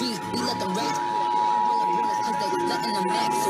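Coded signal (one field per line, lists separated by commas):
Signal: Emergency Alert System (SAME) tones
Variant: 853 and 960 Hz attention tone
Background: speech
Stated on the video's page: Real Required Monthly Tests received in Los Angeles.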